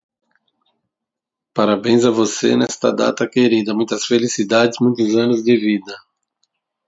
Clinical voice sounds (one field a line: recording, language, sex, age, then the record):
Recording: short text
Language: Brazilian Portuguese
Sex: male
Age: 40 to 49 years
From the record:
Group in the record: control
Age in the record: 47 years